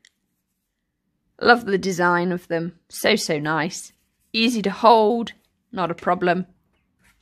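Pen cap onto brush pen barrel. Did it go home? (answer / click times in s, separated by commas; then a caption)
no / none. A plastic cap is being handled over a Colorya nylon brush pen barrel while someone talks. The cap has not been pushed home yet, and nothing has seated or clicked in this clip.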